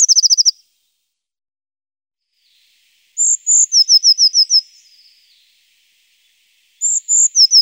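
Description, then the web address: Eurasian blue tit song: a quick run of very high thin notes, then after a pause high notes followed by a slightly lower fast trill, repeated at the end. "Ptaki Glosy Modraszka"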